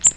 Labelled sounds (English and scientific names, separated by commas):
Magnolia Warbler (Setophaga magnolia) flight call